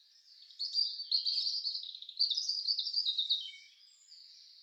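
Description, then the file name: European robin song, a rapid, high, sparkling warble of jumbled twittering notes lasting about three seconds before fading. "roodborst"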